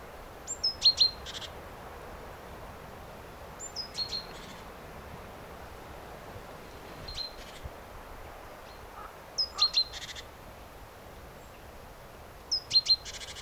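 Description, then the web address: Great tit calls in short bouts about every three seconds: a high down-slurred whistle, a brief clipped note, then a quick burst of harsh buzzy chatter, over steady low background hiss. "SETE data Parus major"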